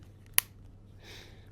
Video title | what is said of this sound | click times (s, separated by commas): Pocket 3 Magnetic Mount, Phone Holder for MagSafe Aluminum Alloy Magnet Expansion Adapter | Snaps into place | 0.4 s